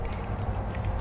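The male connector of a T-One vehicle wiring harness with a 4-pole flat trailer connector is handled at the vehicle-side connector on a 2016 Dodge Journey, with a steady low rumble and faint creaking and no distinct hits. Nothing has seated or clicked yet.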